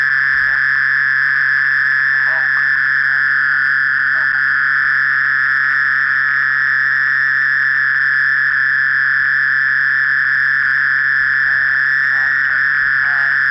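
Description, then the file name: Mole cricket producing a long, even purring trill, with soft scattered chirps faintly behind it. "Gryllotalpa sp"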